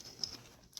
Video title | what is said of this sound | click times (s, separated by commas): TURN your F150 MIRRORS INTO RUNNING LIGHTS!! | plug this into the harness itself of course until it clicks this | 0.2 s